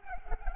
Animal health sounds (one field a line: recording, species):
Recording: mosquito wingbeat signal from an infrared sensor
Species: Culex pipiens